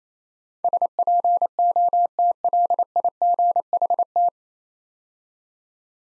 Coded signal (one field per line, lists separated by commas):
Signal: Morse code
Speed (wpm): 28 wpm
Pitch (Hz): 700 Hz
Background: none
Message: SPOTLIGHT